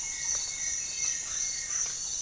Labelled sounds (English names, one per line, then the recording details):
none
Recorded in pastures near Puerto Asís, Putumayo, Colombia, on 25 June 2025 at 06:00
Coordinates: 0.466, -76.322
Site GP07